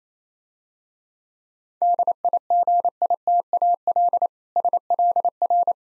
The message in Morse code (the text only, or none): DIGITAL SLR